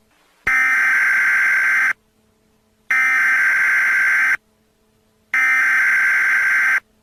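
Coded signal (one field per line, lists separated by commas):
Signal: Emergency Alert System (SAME) tones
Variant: header bursts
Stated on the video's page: Fictional EAS scenario about an ancient evil turning people into zombies.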